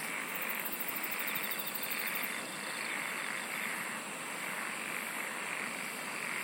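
Insects singing, a quick high pulsed trill for the first two seconds over a dense chorus of repeated buzzy swells.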